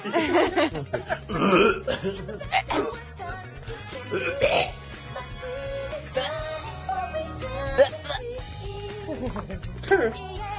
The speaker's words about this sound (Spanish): Eres un cerdo eructo, apestoso eructo. Eres un cerdo apestoso.